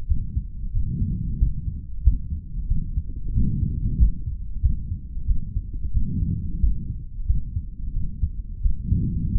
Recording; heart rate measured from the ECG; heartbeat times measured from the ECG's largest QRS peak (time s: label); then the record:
heart sounds by stethoscope; 91 bpm
0.08 s: heartbeat
0.73 s: heartbeat
1.38 s: heartbeat
2.03 s: heartbeat
2.68 s: heartbeat
3.33 s: heartbeat
3.98 s: heartbeat
4.62 s: heartbeat
5.26 s: heartbeat
5.92 s: heartbeat
6.60 s: heartbeat
7.26 s: heartbeat
7.93 s: heartbeat
8.62 s: heartbeat
9.32 s: heartbeat
From the record:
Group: healthy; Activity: rest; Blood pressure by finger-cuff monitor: 145/98 mmHg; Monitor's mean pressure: 111 mmHg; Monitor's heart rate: 92 bpm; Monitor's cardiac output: 4.2 L/min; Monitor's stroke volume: 45 mL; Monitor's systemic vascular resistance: 1980 dyn s/cm5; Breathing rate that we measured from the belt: 22 breaths a minute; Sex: male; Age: 55 years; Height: 167 cm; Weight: 57.2 kg